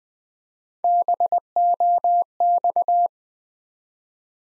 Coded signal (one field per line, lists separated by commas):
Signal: Morse code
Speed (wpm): 20 wpm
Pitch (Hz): 700 Hz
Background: none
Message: BOX